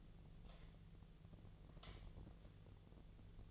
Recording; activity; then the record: daily activity, microphone in the room; light on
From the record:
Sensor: 4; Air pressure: 1010.7 hPa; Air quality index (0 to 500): 174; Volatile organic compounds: 5 ppm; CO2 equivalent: 1771 ppm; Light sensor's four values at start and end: 36/105/41/42 and 36/106/42/42